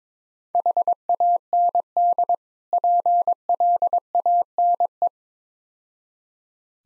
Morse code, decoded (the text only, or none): HAND PLANE